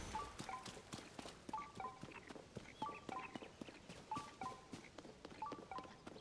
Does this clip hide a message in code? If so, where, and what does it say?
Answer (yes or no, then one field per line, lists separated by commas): no